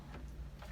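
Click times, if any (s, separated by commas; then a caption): 0.6 s. An Aqua-Pure 3M Better Waters XL7000 under-sink water filter cartridge is turned into its mounting head over a steady low hum. A short, quiet click sounds at 0.6 s as the cartridge locks in place.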